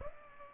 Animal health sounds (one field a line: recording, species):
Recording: mosquito wingbeat signal from an infrared sensor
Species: Aedes aegypti